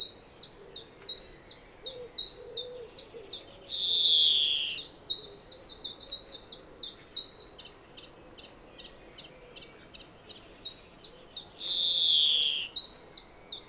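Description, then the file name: European greenfinch giving a steady run of short high chirps, about three a second, broken twice by a long nasal wheeze, with other chirps overlapping midway. "Chloris chloris"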